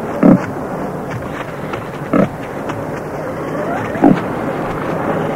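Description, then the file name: Pig grunts, three short low bursts spaced about two seconds apart over a steady background hum. "prase"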